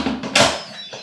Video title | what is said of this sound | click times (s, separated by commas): Instant Pot Water Test - Do this Test Run FIRST! | and then turn right you're here a click and that means the lid is locked now | 0.4 s